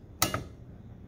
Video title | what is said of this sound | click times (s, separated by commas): In-Depth Intro to Triple Beam Balances | okay right there so it kind of snapped and the arrow is pointed directly at the 100 | 0.2 s